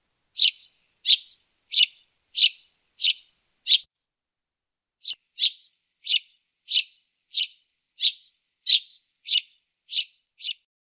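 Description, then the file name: Eurasian tree sparrow giving short, sharp chirps repeated about every two-thirds of a second, a brief pause after six notes, then a longer run. "Feldsperling"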